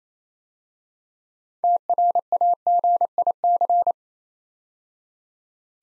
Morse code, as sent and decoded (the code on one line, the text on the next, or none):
- .-. .- --. .. -.-.
TRAGIC